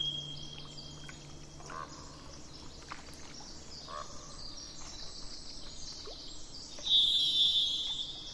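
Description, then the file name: Thrush song: clear, sustained whistled phrases, a fainter one at the start and a brighter ringing phrase near the end, over a steady low rumble. Recorded 27 April 2004, with truck noise in the background. "040427-thrushandtrucks"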